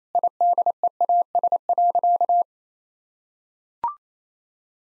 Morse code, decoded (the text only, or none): IDEAS.